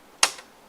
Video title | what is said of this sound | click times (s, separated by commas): PRINTER BAJET TERBAIK 2021 [PDPR/WFH]: REVIEW CANON PIXMA E560R | untuk bawah Sampai bunyi klik | 0.2 s